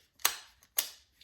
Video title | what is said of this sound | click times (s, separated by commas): How to Properly Maintain an AR 15 | There's good tension, positive clicks in it. | 0.2 s, 0.8 s